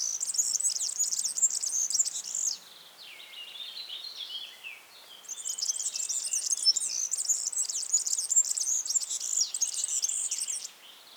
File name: Vogelstimme Girlitz - European Serin - Serinus serinus